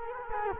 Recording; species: mosquito wingbeat signal from an infrared sensor; Culex quinquefasciatus